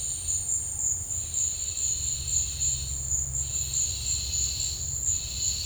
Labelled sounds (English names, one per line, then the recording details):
none
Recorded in dense forest near Puerto Asís, Putumayo, Colombia, on 19 March 2025 at 14:00
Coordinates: 0.485, -76.318
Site G056